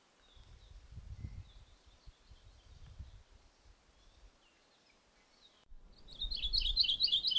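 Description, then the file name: Maui parrotbill: faint high notes at first, then a loud rapid trill near the end, with low rumbling noise. "Maui Parrotbill Pseudonestor xanthophrys"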